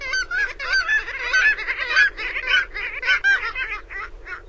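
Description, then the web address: Black-legged kittiwake calls, many nasal, harmonic cries overlapping in a busy chorus, rising and falling quickly with no pause throughout. "Songs of Birds of North America Stokes. Black-legged Kittiwake"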